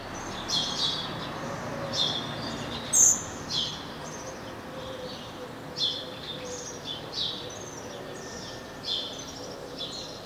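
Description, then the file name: House sparrow chirps, short high notes scattered irregularly, sometimes in pairs, over a steady background hiss. "Passer domesticus"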